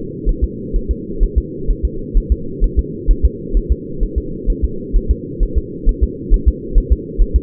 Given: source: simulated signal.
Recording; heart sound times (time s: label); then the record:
fetal heart sounds
0.29 s: S1
0.44 s: S2
0.76 s: S1
0.91 s: S2
1.24 s: S1
1.38 s: S2
1.71 s: S1
1.85 s: S2
2.17 s: S1
2.32 s: S2
2.64 s: S1
2.79 s: S2
3.11 s: S1
3.25 s: S2
3.57 s: S1
3.72 s: S2
4.03 s: S1
4.18 s: S2
4.50 s: S1
4.65 s: S2
4.97 s: S1
5.11 s: S2
5.43 s: S1
5.58 s: S2
5.89 s: S1
6.03 s: S2
6.34 s: S1
6.48 s: S2
6.78 s: S1
6.92 s: S2
7.22 s: S1
7.36 s: S2
From the record:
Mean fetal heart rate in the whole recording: 130 bpm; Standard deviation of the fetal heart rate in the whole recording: 4 bpm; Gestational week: 38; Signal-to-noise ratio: -4.3 dB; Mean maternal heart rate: 72 bpm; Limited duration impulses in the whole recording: absent